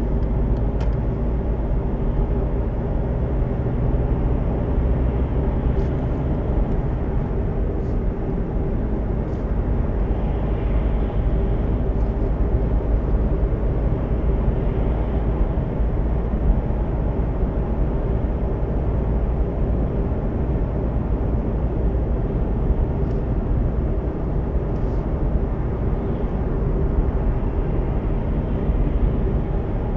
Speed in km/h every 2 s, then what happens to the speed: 66, 71, 76, 78, 74, 75, 77, 79, 80, 81, 82, 82, 83, 81, 76.
0-5 speeds up to 78. 5-25 steady at about 79. 25-30 slows to 76.